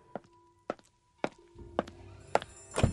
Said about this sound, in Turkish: İşte açtım kapıyı. Ne oldu şimdi?